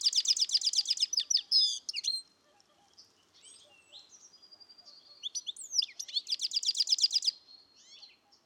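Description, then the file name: European goldfinch producing fast, bright twittering trills at the start, softer chattering notes in the middle, and another dense tinkling trill near the end. "Carduelis carduelis"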